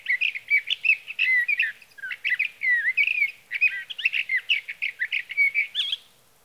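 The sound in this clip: Sage thrasher pouring out a long, varied warble of rapid slurred and burry notes, barely pausing over six seconds.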